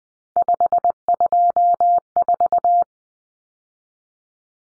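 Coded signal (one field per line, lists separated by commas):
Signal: Morse code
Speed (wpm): 20 wpm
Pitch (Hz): 700 Hz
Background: none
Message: 524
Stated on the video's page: Morse drill of common three-digit cut numbers (T, A, N for 0, 1, 9) at 20 wpm for head-copy, each sent, spoken, then sent again.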